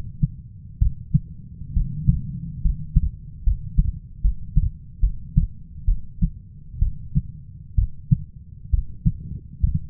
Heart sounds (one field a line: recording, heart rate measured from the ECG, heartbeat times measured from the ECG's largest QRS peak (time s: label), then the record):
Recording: heart sounds by stethoscope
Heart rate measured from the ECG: 68 bpm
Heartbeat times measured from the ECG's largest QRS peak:
0.79 s: heartbeat
1.74 s: heartbeat
2.62 s: heartbeat
3.44 s: heartbeat
4.22 s: heartbeat
5.00 s: heartbeat
5.86 s: heartbeat
6.79 s: heartbeat
7.76 s: heartbeat
8.71 s: heartbeat
9.61 s: heartbeat
From the record:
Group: healthy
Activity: cold pressor test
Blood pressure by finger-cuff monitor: 136/62 mmHg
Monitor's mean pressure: 86 mmHg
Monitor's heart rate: 68 bpm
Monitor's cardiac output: 7 L/min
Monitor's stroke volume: 101 mL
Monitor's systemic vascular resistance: 890 dyn s/cm5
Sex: female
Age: 37 years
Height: 168 cm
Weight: 70 kg